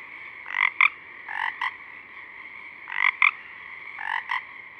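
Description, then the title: Pacific chorus frog calling in raspy two-part notes, a few pairs at uneven intervals, over a steady background chorus of other frogs. A few small frogs singing at dusk, recorded through a parabolic reflector. "Pacific Chorus Frogs (Pseudacris regilla), dusk, Parabolic"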